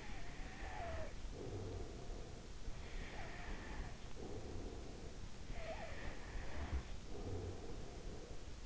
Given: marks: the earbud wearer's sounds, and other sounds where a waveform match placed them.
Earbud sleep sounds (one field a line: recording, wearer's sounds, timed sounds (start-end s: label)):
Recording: sounds in sleep by an in-ear microphone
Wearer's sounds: snoring breath, breath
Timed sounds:
0.00-2.56 s: snoring breath
2.82-5.36 s: breath
5.36-8.31 s: snoring breath